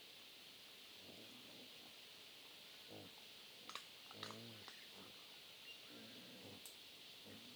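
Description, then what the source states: Wild boar grunting in several short, low harmonic bursts over scattered crunching clicks, with a steady high insect drone throughout. Family group of wild boar feeding on acorns, Huairou District, 11 August 2022, 07:13.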